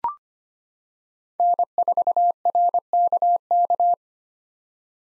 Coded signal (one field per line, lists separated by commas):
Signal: Morse code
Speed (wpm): 25 wpm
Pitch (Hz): 700 Hz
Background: none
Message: N4RKK